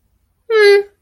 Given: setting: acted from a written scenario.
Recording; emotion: vocal sound without words; neutral